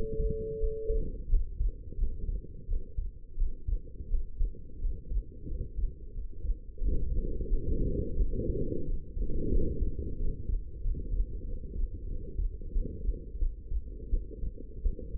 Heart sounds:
heart sounds by stethoscope; 89 bpm
0.59 s: heartbeat
1.29 s: heartbeat
1.97 s: heartbeat
2.67 s: heartbeat
3.36 s: heartbeat
4.08 s: heartbeat
4.80 s: heartbeat
5.47 s: heartbeat
6.13 s: heartbeat
6.79 s: heartbeat
7.48 s: heartbeat
8.17 s: heartbeat
8.85 s: heartbeat
9.50 s: heartbeat
10.17 s: heartbeat
10.82 s: heartbeat
11.45 s: heartbeat
12.07 s: heartbeat
12.72 s: heartbeat
13.38 s: heartbeat
14.09 s: heartbeat
14.82 s: heartbeat
From the record:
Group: healthy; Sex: female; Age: 19 years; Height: 163 cm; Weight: 51 kg

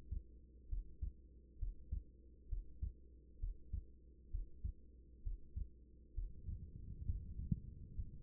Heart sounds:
heart sounds by stethoscope; 66 bpm
0.68 s: heartbeat
1.58 s: heartbeat
2.48 s: heartbeat
3.39 s: heartbeat
4.30 s: heartbeat
5.22 s: heartbeat
6.13 s: heartbeat
7.05 s: heartbeat
7.94 s: heartbeat
From the record:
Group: healthy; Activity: breath hold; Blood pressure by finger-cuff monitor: 122/80 mmHg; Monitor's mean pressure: 96 mmHg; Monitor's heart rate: 66 bpm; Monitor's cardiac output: 5.3 L/min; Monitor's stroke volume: 80 mL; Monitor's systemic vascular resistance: 1340 dyn s/cm5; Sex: female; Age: 24 years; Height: 163 cm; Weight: 55.7 kg

